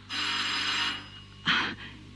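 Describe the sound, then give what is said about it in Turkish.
A doorbell rings with a sustained, buzzy electronic tone, followed after a brief pause by a shorter, sharper second ring that quickly fades. No one speaks. “Kapı çalınıyor”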